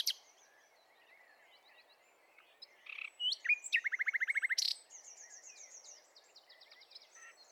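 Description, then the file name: Common nightingale song: scattered chirps and whistles build into a fast rattling run of repeated notes, then quieter whistled phrases. "Luscinia megarhynchos"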